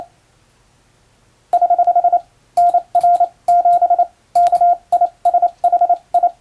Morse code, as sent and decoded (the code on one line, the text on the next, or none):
........ / -. .-. --... / -.- .. ... .... ..
<HH> NR7 KISHI